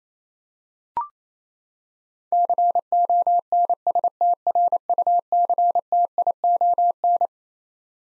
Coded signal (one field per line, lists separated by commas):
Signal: Morse code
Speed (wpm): 28 wpm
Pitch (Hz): 700 Hz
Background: none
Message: CONSTRUCTION